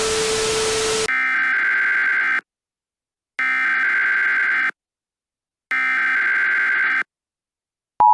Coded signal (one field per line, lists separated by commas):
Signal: Emergency Alert System (SAME) tones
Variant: header bursts